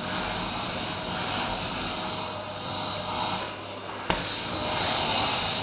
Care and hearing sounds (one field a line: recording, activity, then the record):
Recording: daily activity, microphone in the room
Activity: vacuum cleaning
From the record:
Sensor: 2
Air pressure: 1010.1 hPa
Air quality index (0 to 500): 162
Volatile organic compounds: 7 ppm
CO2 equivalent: 2030 ppm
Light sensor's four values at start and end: 24/48/24/27 and 41/100/44/50